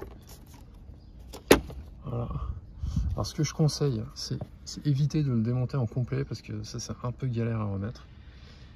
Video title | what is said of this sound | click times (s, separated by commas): Installer le bluetooth dans sa voiture (kit Parrot) | En fait, c'est clipsé, hein, donc il suffit de tirer. Hop. | 1.5 s